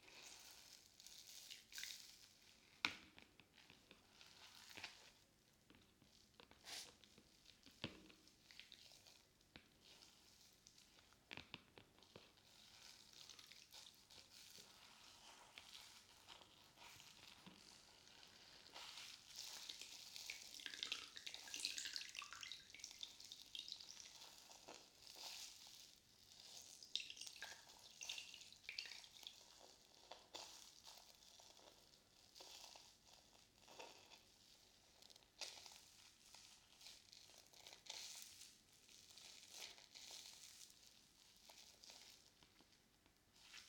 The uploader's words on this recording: ASMR Binaural Sounds Water Soap Sponge.